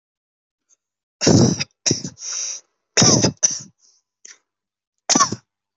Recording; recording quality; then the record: heavy voluntary cough; excellent, no background noise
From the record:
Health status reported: healthy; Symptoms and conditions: none ticked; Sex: male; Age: 23 years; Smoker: not ticked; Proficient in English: yes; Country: India